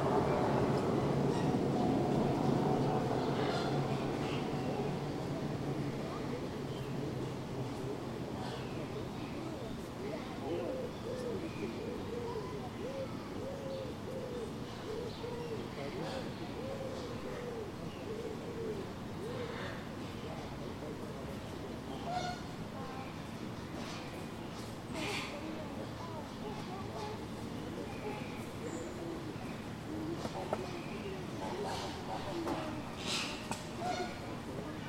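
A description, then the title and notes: Zoo atmosphere with a steady murmur of voices and a low rumble that is loudest in the first few seconds, then settles. Repeated soft cooing, like pigeons or doves, runs through the middle, while brief brighter calls and clicks pop up now and then. General atmosphere in Burgers' Zoo, Arnhem. Recorded with my Zoom's internal mics near the Flamingo pond.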